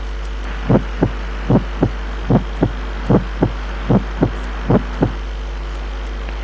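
Steady adult heartbeat at about 75 beats a minute with a low background hum. Each first sound is a crisp 'drk' rather than a plain 'lub' because an ejection click follows just after it, then the second sound. The click is heard at the aortic area in aortic valve stenosis and some congenital heart disease, and at the pulmonary area in pulmonary valve stenosis and pulmonary hypertension.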